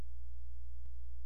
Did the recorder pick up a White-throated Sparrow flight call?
no